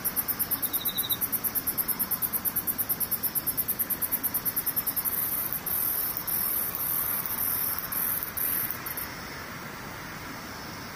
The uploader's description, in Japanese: ムシ